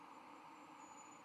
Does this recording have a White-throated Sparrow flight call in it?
no